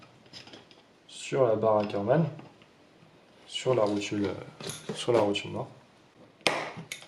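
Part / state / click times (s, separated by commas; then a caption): steering link ball cup onto ball stud of the Ackermann bar on an RC car / seated / 6.5 s. A plastic ball cup on the steering link of a Schumacher LD3 RC car is pressed onto the black ball stud on the Ackermann bar while someone talks. It snaps on with a sharp click at 6.5 s, and the ball cup is seated on the stud.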